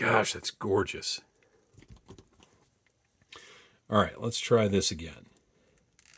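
Someone talks while handling a plastic accessory and a collectible skull toy figure, getting ready to press the accessory on for a second try. Between the words come faint, short handling ticks and light knocks. Nothing has seated or popped into place yet.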